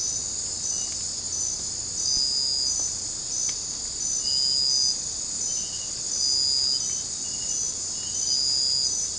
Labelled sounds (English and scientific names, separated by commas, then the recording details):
none
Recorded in secondary vegetation near Puerto Asís, Putumayo, Colombia, on 22 December 2024 at 23:00
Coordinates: 0.481, -76.318
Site G042